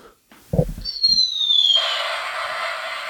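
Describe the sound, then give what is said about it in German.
A voice imitates a firecracker with the mouth: a couple of low puffs, a high whistle sliding downward, then a sustained hissing, crackly burst that fades slowly. “kann noch mal einen Knaller kurz machen, bitte.”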